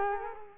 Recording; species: mosquito wingbeat signal from an infrared sensor; Culex quinquefasciatus